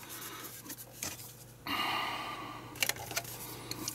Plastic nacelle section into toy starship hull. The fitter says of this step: definitely is because the grids go on the inside there you go if that clicks into place that goes in clicks